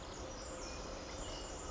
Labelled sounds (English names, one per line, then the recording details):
Pacific Wren
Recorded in Sonoma County, California